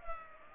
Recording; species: mosquito wingbeat signal from an infrared sensor; Culex pipiens